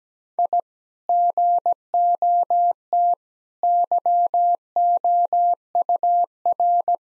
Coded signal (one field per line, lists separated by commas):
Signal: Morse code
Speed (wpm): 17 wpm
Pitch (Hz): 700 Hz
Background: none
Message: I GOT YOUR